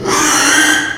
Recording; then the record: squeal of a Yucatan mini pig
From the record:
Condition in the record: after surgery on the right vocal fold (resection and tissue-engineered implant); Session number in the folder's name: 3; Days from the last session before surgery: 33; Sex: male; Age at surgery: 12 weeks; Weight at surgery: 13 kg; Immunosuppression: cyclosporine, prednisolone